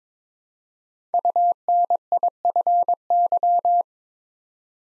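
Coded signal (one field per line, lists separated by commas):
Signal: Morse code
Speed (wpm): 22 wpm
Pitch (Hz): 700 Hz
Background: none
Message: UNIFY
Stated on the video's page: Morse practice of 5-letter words at 22 wpm, each word sent twice for head-copy training.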